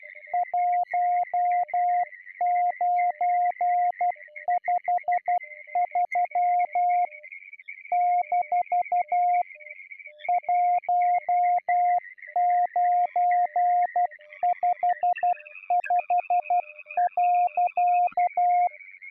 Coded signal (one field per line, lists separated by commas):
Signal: Morse code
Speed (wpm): 12 wpm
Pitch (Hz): 710 Hz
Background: music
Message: 1953 - 1955.